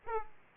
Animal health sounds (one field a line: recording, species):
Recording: mosquito wingbeat signal from an infrared sensor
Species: Aedes aegypti